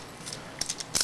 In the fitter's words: there you hear that click and that's AC what activates the Flames